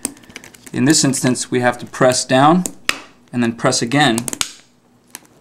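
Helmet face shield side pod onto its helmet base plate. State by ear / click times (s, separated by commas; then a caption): seated / 5.1 s. A plastic helmet face shield side pod is pressed down a second time onto its helmet base plate while someone talks, with a few light clicks near the start. A sharp second click at 5.2 s marks the pod locking, and the red slider slides all the way forward, showing the pod is fully seated.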